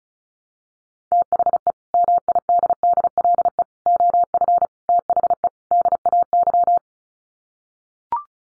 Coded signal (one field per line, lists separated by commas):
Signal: Morse code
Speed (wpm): 34 wpm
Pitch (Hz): 700 Hz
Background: none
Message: THE MIDDLE OF THE DAY